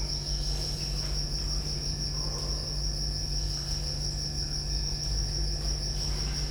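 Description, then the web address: Cricket giving an unbroken high-pitched trill for the whole stretch over a constant low hum, with soft faint rustles. Recorded at Győr zoo in 2014 with professional gear; insect on the left microphone, amid electrical equipment; quiet still-life scene. "allathangok gyorizoo 2014 professzionalis gallerospavian balmikrofonnalegyrovar elektromosberendezes tucsok csendelet"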